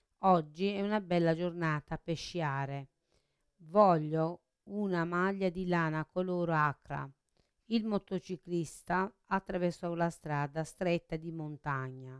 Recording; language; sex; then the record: read phrases; Italian; female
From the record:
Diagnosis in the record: Parkinson's disease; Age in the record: 63 years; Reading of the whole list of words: 61 s, 4.6 characters per second